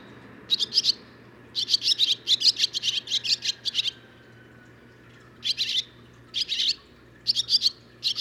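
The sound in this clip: Barn swallow song: a quick chattering series of harsh high notes, a pause, then shorter bursts of a few chirps.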